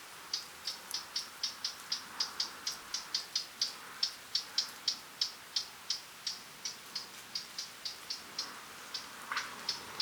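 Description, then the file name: Eurasian blackcap: continuous hard ticking calls, about three a second, steady and unhurried, over soft background noise. "Sylvia atricapilla"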